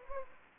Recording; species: mosquito wingbeat signal from an infrared sensor; Anopheles gambiae